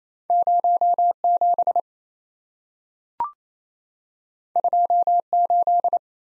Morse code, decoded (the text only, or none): 07 28